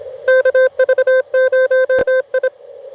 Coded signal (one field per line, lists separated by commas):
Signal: Morse code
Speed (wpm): 25 wpm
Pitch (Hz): 1550 Hz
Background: none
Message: KV0I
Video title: Fort Deseret Utah POTA